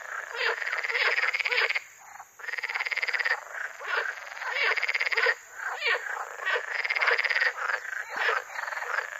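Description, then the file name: Water frog chorus of rattling, pulsed croaks in bursts of one to two seconds, separated by brief pauses, with several frogs calling over one another. "grenouille verte"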